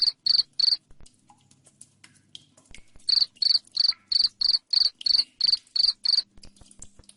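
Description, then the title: Cricket gives three loud chirps, stops for over two seconds, then continues with a regular chain of high chirps. Loud chirping cricket, played to make lovebirds keep singing. "Suara JANGKRIK NGERIK Keras Bikin LOVEBIRD Jadi NGEKEK Terus Vubey"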